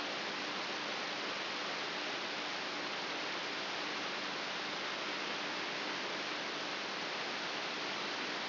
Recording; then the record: brain microelectrode recording played as sound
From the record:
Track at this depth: inside the subthalamic nucleus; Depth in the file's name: 3.04 mm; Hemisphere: right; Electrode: 3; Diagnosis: Parkinson's disease